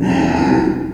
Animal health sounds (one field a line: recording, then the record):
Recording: squeal of a Yucatan mini pig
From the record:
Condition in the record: before surgery on the right vocal fold (resection and tissue-engineered implant)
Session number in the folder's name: 1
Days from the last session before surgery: -21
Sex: female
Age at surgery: 19 weeks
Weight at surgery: 25 kg